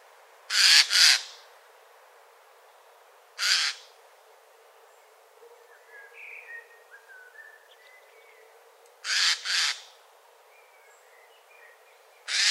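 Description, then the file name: Eurasian jay's coarse screeches, a doubled call, a single, another doubled call and a final burst, separated by quiet stretches with faint bird chatter. "Garrulus glandarius"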